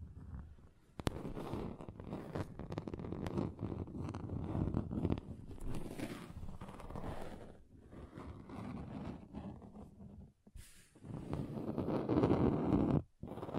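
A table is scratched across different surfaces, giving a rough, grinding rasp that runs nearly continuously with frequent sharp clicks and scrapes. The texture shifts from section to section, with brief silences around 10.5 and 13 seconds and a louder, denser stretch near the end.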